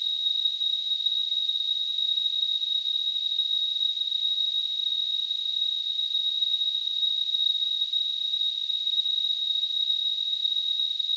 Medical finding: Tinnitus.